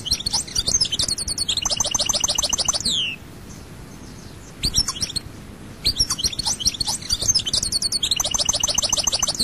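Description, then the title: Goldfinch singing lively, high twitters mixed with rolling trills, pausing briefly before resuming with more jingling phrases. "Chant Chardonneret"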